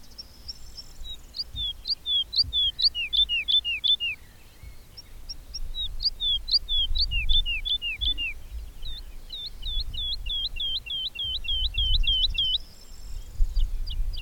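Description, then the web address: Bird song in several phrases: clusters of sharp slurred chirps, then a long steady trill of down-curved notes, with low rumbling background. "madarak enek"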